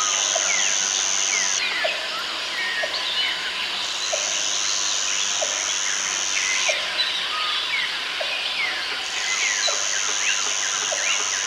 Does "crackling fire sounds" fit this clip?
no